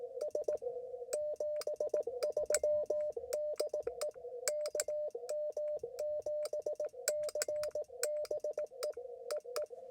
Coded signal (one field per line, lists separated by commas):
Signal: Morse code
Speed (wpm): 18 wpm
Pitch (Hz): 600 Hz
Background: radio noise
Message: S 73 DE KM7CBE EE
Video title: POTA @ Las Cienegas National Conservation Area — A Quick Activation